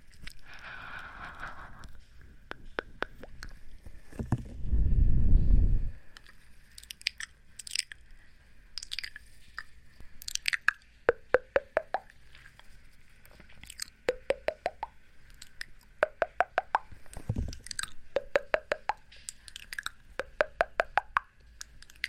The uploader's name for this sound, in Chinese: 啵啵bobo&嘴巴啄耳&口腔音